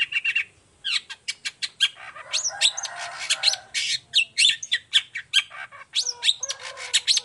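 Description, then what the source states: Long-tailed shrike song: a rapid, varied run of harsh chattering notes mixed with whistled phrases, nearly continuous. Morning singing; described as a lively, clear, highly varied song with 'toet toet' notes, offered as a model for other long-tailed shrikes to copy.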